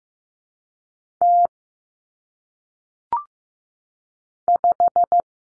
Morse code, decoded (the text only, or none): T 5